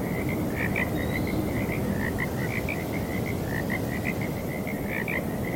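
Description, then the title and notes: Many frogs croak in a busy, even chorus of short notes over constant wind noise, with a brief low sound at the very end. Frogs calling on a breezy night. "Owls Hooting and Frogs on Breezy Night. Sleep and Relaxation Podcast"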